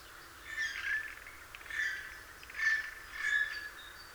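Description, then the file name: Eurasian jay calls: four hoarse, scratchy bursts spaced roughly a second apart over a quiet background. "Garrulus glandarius"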